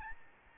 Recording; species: mosquito wingbeat signal from an infrared sensor; Aedes albopictus